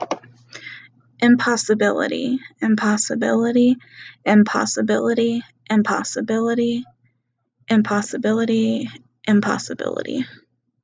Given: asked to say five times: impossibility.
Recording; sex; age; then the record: repeated word; female; 20 to 29 years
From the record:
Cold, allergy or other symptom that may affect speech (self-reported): yes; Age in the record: 29 years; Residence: Colorado, United States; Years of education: 12